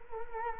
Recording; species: mosquito wingbeat signal from an infrared sensor; Culex quinquefasciatus